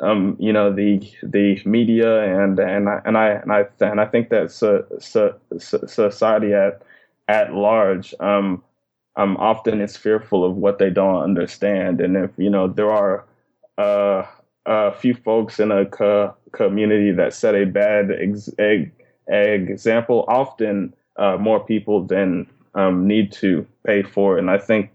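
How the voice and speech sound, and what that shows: An adult man who stutters speaks in a low voice at a moderate pace, with repeated sounds and syllables, such as 'so-so-s-society' and 'co-community', plus stretched vowels and brief pauses. He has stuttered since a very young age, was a covert stutterer through high school, and sought help in college; his disfluencies are partly smoothed by the slower speech and added pauses he learned.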